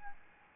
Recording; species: mosquito wingbeat signal from an infrared sensor; Aedes albopictus